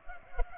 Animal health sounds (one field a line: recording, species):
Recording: mosquito wingbeat signal from an infrared sensor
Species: Culex pipiens